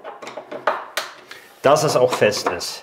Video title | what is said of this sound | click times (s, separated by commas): Nischen im Bad einbauen, schnell und einfach. - DH-Trockenbau | wenn ihr ein Bit habt der ein bisschen rund ist und der rutscht durch so wie man das ja auch gehört hat ist es natürlich schlecht | 0.7 s, 1.0 s